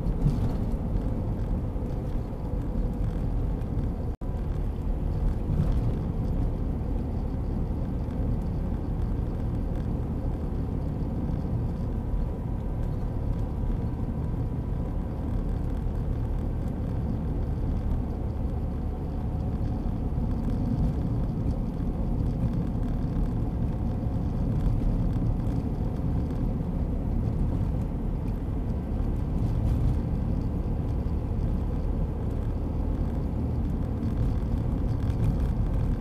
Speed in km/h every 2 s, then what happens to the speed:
62, 57, 54, 56, 55, 55, 56, 56, 55, 55, 52, 53, 54, 56, 56, 58, 58, 57.
0-4 slows to 54. 4-36 steady at about 55.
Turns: none.